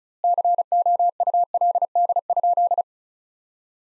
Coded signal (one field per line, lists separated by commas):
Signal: Morse code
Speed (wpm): 34 wpm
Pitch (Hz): 700 Hz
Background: none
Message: COULD?